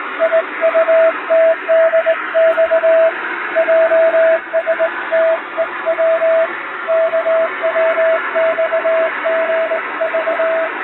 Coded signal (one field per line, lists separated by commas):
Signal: Morse code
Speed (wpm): 20 wpm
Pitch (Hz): 650 Hz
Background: radio noise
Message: IUTDX JSTEW KWXGV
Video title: 昭和の懐かしいモールス短波通信！縦振り電鍵で打つモールス電報！気持ち良い音色です。ノイズとフェージングを加えています。アマチュア無線の受信トレーニングにどうぞ morse code practice